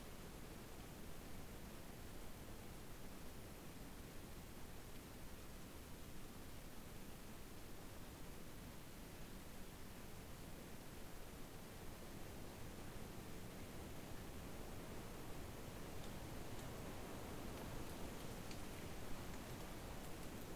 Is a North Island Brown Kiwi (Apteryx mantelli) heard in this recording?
no